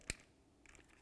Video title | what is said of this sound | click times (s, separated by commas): How to Replace Spark Plugs 2003-12 Toyota Matrix | go ahead and press it on, listen for a click. | 0.1 s